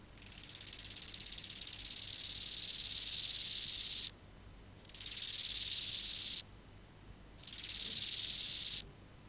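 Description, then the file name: Bow-winged grasshopper stridulating in three buzzy, high-pitched bursts that build gradually in volume and end sharply, separated by brief pauses. "Chorthippus biguttulus"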